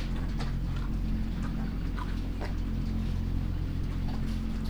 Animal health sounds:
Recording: poultry house recording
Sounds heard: sick chickens (respiratory disease)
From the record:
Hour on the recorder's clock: 22

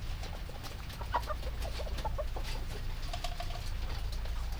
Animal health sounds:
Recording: poultry house recording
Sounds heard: healthy chickens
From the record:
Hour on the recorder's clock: 2

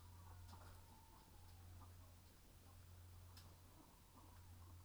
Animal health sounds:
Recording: poultry house recording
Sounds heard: sick chickens (respiratory disease)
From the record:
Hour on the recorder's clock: 15

